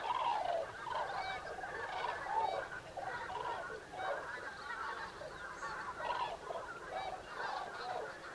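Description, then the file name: Common cranes calling as a group, a clear trumpeting note at the start followed by a continuous mix of overlapping rolling calls. Recorded 5 November 2018. "2018 11 05 zurawie"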